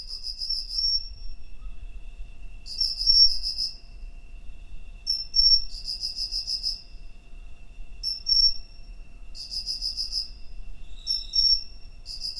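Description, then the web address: Cricket song: longer pulsed chirp bursts mixed with short tonal notes, recurring every few seconds in near silence. "Hoerbeispiele Grillen"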